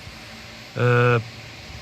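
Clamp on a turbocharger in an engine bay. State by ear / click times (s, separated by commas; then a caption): not seated / none. A clamp is being fitted onto the turbocharger in the engine bay of a 2011 BMW 550i F10 during a turbo replacement, hooked in at the top first and worked into position. Someone talks with a drawn-out "uh" from about 0.8 to 1.2 s over low background noise. Nothing has seated or clicked yet.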